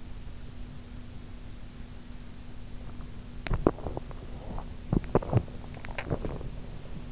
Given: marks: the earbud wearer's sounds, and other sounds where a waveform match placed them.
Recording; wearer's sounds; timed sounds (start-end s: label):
sounds in sleep by an in-ear microphone; teeth grinding, swallowing
3.43-5.49 s: teeth grinding
5.70-6.49 s: swallowing